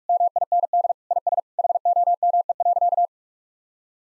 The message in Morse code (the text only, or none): MIND IS HOME.